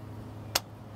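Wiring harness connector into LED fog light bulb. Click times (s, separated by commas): 0.6 s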